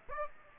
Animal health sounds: mosquito wingbeat signal from an infrared sensor; Aedes aegypti

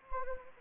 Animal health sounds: mosquito wingbeat signal from an infrared sensor; Anopheles gambiae

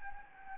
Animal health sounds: mosquito wingbeat signal from an infrared sensor; Anopheles gambiae

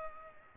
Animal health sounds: mosquito wingbeat signal from an infrared sensor; Culex pipiens

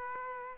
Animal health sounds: mosquito wingbeat signal from an infrared sensor; Aedes aegypti

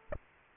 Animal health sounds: mosquito wingbeat signal from an infrared sensor; Aedes aegypti

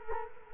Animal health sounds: mosquito wingbeat signal from an infrared sensor; Culex quinquefasciatus

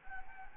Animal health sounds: mosquito wingbeat signal from an infrared sensor; Anopheles gambiae

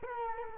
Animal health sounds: mosquito wingbeat signal from an infrared sensor; Culex quinquefasciatus

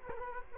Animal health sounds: mosquito wingbeat signal from an infrared sensor; Culex quinquefasciatus

